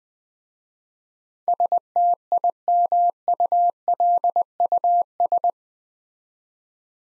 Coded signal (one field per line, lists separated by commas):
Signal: Morse code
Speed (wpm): 20 wpm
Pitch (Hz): 700 Hz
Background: none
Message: STIMULUS